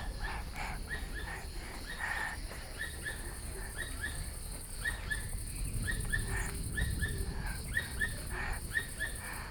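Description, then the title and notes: Asian squirrel giving many short, sharp chirping calls in quick runs, over a low rumble. Asian squirrel heard in the distance at Vallauris, France; recordist holding a young child; made with a portable recorder and binaural microphones. "un écureuil asiatique au loin. Vallauris, France"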